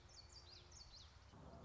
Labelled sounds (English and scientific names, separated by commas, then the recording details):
Common Yellowthroat (Geothlypis trichas)
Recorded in Sonoma County, California